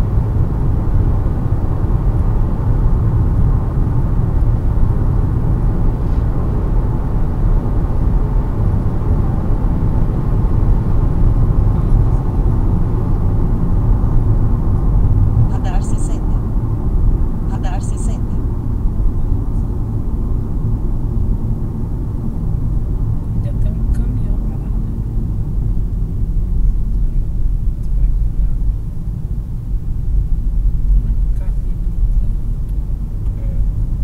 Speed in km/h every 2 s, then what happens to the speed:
134, 136, 137, 139, 139, 135, 125, 113, 98, 90, 84, 77, 61, 51, 50, 50, 52.
0-9 steady at about 137. 9-26 brakes to 51. 26-34 steady at about 50.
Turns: none.